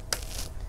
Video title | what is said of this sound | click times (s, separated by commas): HPE ProLiant DL360p G8 Gen8 Memory Spec Overview & Upgrade Tips - How to Configure the System | you will notice right here click and | 0.1 s